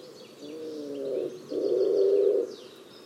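Low bird call: a soft hooting note followed by a louder, breathier second part, while thin high chirps sound faintly behind.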